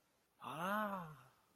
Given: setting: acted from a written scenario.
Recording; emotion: vocal sound without words; awe